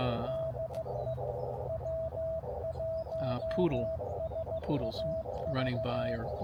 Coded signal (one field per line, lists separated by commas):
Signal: Morse code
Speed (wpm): 15 wpm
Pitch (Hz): 650 Hz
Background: speech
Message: DE W1SAV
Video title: POTA 20220322 US 3548